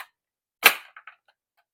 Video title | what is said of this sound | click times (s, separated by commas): Review Dyson V11 Origin Cordless Vacuum | and clicks into place. | 0.7 s